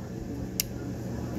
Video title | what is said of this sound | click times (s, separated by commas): sccy cpx-2 9mm break down | y'all here i hope y'all heard that click okay | 0.6 s